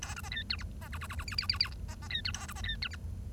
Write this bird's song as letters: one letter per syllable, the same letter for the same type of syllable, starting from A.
A B C D E F C G G G G H H H H I C C D E A B C D E F